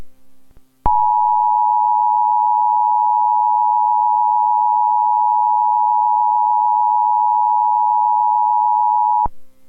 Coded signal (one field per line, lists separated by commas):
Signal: Emergency Alert System (SAME) tones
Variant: 853 and 960 Hz attention tone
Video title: EAS Mock - BeamNG But In Real Life